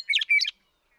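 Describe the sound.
Western meadowlark song fragment: a half-second burst of bright, gurgling warbled notes, then quiet.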